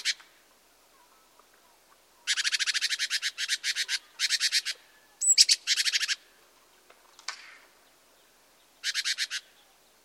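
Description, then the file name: Great tit churring: several dry buzzy rattles in bursts of about a second, separated by short pauses, with one thin high note among them. "Parus major"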